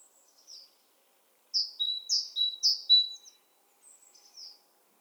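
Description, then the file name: Great tit giving a short burst of high, clipped notes with a thin whistled tail, bracketed by faint softer chips before and after. "Parus major"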